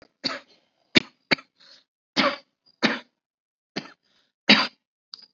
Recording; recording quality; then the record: heavy voluntary cough; excellent, no background noise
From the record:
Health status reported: COVID-19 positive, mild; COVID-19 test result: positive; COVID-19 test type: RT-PCR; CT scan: not taken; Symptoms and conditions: cough, fatigue, muscle pain, diabetes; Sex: female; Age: 49 years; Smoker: no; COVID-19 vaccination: both doses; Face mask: worn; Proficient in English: yes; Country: India